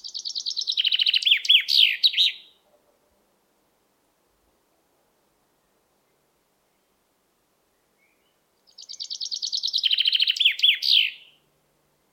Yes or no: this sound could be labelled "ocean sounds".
no